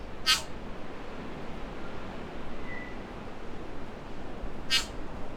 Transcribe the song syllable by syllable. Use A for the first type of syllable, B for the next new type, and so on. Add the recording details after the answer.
A A. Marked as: Cough(short). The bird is a male. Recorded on Cuvier Island, New Zealand, on 4 November 2016. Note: 3Coughs